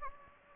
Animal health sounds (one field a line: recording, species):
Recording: mosquito wingbeat signal from an infrared sensor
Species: Anopheles gambiae